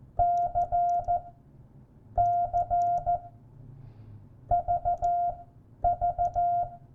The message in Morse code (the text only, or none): CC VV